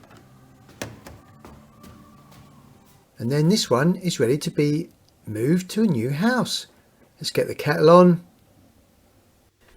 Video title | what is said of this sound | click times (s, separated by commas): How to Disconnect a Dishwasher for Recycling or Moving - Uninstall a Dishwasher | les tuyaux se clipsent à l'arrière pour | 0.8 s